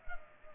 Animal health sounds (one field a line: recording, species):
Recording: mosquito wingbeat signal from an infrared sensor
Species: Culex pipiens